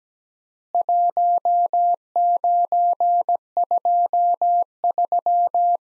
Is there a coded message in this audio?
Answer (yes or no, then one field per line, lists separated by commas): yes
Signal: Morse code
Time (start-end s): 0.7-5.8 s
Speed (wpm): 17 wpm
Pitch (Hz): 700 Hz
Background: none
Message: 1923